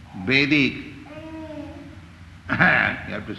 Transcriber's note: child making noises